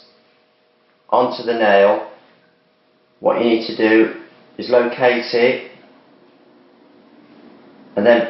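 A plastic practice nail piece is lined up on the finger of a nail trainer hand before being pressed into place. Someone talks in short bursts with brief quiet gaps between them. Nothing has seated or clicked yet.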